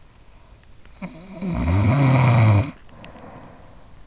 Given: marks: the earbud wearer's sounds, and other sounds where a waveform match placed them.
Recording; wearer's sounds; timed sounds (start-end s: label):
sounds in sleep by an in-ear microphone; snoring breath
0.68-4.06 s: snoring breath